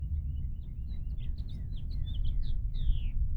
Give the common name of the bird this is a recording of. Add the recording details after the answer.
House Finch. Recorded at Woodmere on Long Island, New York, on 11 June 1975. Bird A